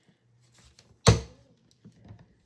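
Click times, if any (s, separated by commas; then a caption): 1.1 s. The handle of a hand button-maker press is pressed down to crimp the button front shell parts together in the button maker die. A sharp, loud click sounds at 1.1 s with a brief ringing decay, surrounded by faint handling noises. The press gives its click and the button shell parts are seated together.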